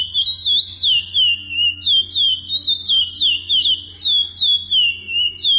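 Chestnut-bellied seed finch delivering a sustained twittering warble, each slurred whistle rising and falling in quick succession, backed by a soft low-pitched drone.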